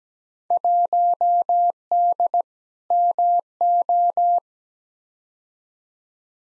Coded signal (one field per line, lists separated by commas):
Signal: Morse code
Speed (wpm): 17 wpm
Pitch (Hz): 700 Hz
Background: none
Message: 1D MO